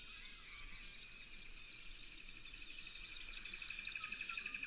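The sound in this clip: Red-backed fairywren giving a thin, very high trilled reel, softer at first and building toward the end.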